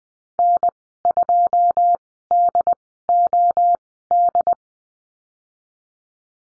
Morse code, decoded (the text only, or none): N2DOD